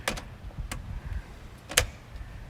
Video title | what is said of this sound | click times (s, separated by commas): Amy sets up shore power, city water, privacy shades for the Revel and dumps the black and gray tank! | click yep now how you know you're locked | 1.8 s